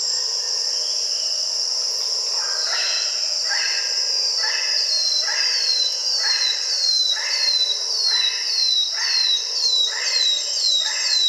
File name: canto da choquinha de barriga ruiva